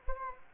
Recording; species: mosquito wingbeat signal from an infrared sensor; Anopheles gambiae